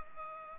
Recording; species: mosquito wingbeat signal from an infrared sensor; Culex pipiens